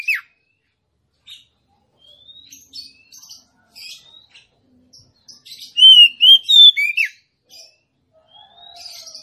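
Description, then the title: Oriental magpie-robin song: scattered soft chips and thin whistles, then a loud phrase of ringing whistled notes ending in a steep downward slur. Female Oriental magpie-robin song, used to provoke a male that has stopped singing into singing and fighting; continuous full-volume song style. "Kacer Langsung Tarung Konslet KACER NGOTOT FULL TEMBAKAN. Suara kacer betinamemancing kacer jantan yg macet bunyi"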